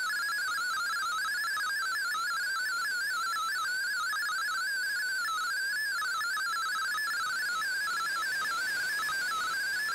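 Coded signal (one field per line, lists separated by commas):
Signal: multi-tone FSK (Olivia or MFSK type)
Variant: MFSK32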